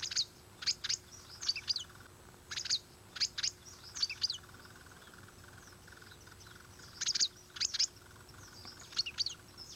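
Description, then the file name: Dragon bird song: thin, very high chirps bunched into quick clusters of two or three notes, recurring irregularly throughout over a steady low hiss. "Canto do passaro dragao"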